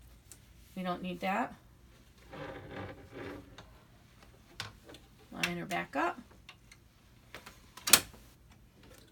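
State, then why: Partly seated. An embroidery hoop holding stabilizer and fabric is pushed onto the arm of an embroidery machine while someone talks, with small handling taps before a sharp, loud click at 7.9 s. The hoop clicks in on one side only; the other side did not seat because the stabilizer got in the way, and it should click on both sides.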